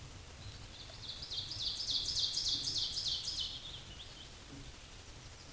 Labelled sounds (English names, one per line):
Ovenbird song